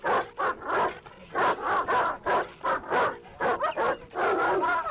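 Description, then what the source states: Dogs barking and whining together, overlapping yelps and whimpers in rapid uneven bursts throughout. Several dogs barking and whining.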